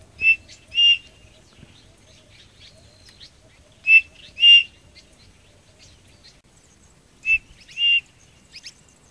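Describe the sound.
Bird call: a clean, high two-note chirp, the second note longer, given three times over quiet background.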